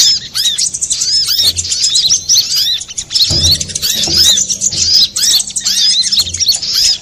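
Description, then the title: Little spiderhunter singing fast, piercing chirps and bending whistled notes in near-continuous chatter, a faint low hum in the background. Master recording for training cage birds, labelled Labaik. "Masteran Burung Sogok Ontong Labaik"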